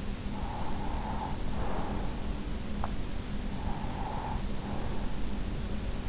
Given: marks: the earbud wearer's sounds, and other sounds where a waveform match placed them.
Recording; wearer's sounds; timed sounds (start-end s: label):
sounds in sleep by an in-ear microphone; breath
0.23-2.29 s: breath
3.44-5.69 s: breath